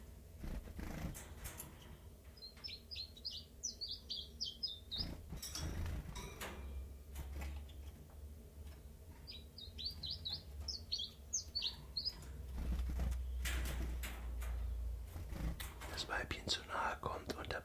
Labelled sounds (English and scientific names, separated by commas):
Common Chiffchaff (Phylloscopus collybita)